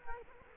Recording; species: mosquito wingbeat signal from an infrared sensor; Culex quinquefasciatus